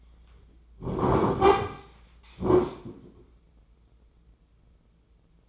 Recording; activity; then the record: daily activity, microphone in the room; sit down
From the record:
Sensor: 1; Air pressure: 996.0 hPa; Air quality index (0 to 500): 234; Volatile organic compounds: 1000 ppm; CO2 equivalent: 6809 ppm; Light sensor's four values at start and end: 33/79/34/41 and 34/85/36/44